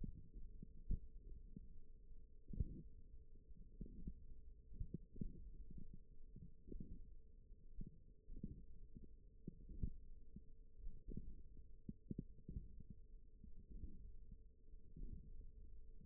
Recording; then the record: forearm muscle sounds (acoustic myography)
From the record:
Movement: hand opening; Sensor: system 1, eight BSWA MPA416 microphones around the upper forearm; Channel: 4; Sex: female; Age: 20 years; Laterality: right